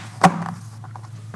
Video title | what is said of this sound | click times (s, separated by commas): 3 of 4 - PGT Energy Vue DH5460 / Winguard DH5560 Vinyl Double Hung Window - Finishing Touches | this will snap right into the channel of the head of the frame | 0.2 s